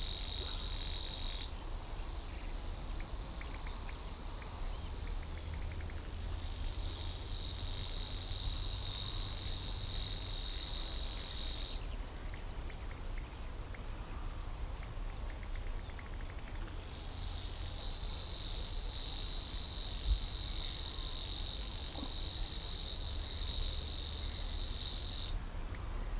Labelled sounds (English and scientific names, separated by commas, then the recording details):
Savi's Warbler (Locustella luscinioides) song
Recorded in the wild
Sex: male
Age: adult
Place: Parsteiner See, Barnim, Brandenburg, DE
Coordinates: 52.96, 13.9886
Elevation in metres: 41
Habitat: reed
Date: 2006-04-19 16:52
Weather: fair, ca. 15° C, weak wind
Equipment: Marantz PMD 671, Sennheiser MKH 70, Popschutz, Windkorb
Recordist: Frommolt, Karl-Heinz